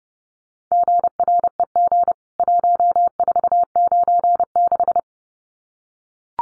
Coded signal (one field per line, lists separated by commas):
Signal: Morse code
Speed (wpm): 30 wpm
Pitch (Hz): 700 Hz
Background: none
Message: GREG 1496